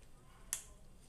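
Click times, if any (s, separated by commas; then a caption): 0.5 s. An interchangeable lens is mounted into a Canon camera body's bayonet mount: the red dots on the body and lens are lined up, then the lens is rotated to the left until the mount locks. A single sharp, bright click is heard at 0.5 s against quiet background noise. The lens is seated and ready to use.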